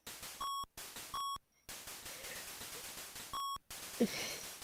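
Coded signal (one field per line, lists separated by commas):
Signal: none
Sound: game music beeps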